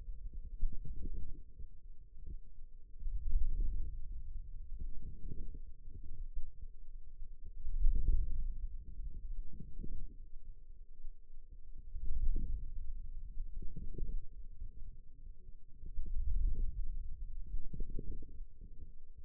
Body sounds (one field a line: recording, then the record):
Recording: forearm muscle sounds (acoustic myography)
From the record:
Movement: wrist flexion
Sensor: system 2, bracelet of six BSWA MPA416 microphones around the upper forearm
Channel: 3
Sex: female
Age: 21 years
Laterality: right